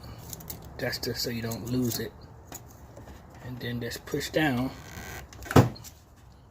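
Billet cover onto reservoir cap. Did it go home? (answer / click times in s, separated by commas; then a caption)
yes / 5.6 s. A chrome billet dress-up cover is pushed down onto an engine bay reservoir cap while someone talks. Quieter handling taps come first, then a sharp click at 5.6 s as the cover seats and pops on.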